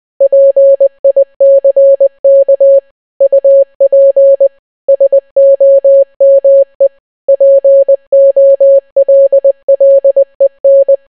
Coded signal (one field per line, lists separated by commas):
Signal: Morse code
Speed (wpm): 20 wpm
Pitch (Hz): 550 Hz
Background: none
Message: PICK UP SOME POLLEN